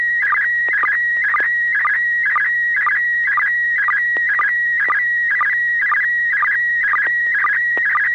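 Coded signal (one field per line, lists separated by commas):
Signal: SSTV (slow-scan television)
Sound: steady warbling high tone with regular short chirping dips, repeating about twice a second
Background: low hum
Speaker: AI6DG, are you ready now?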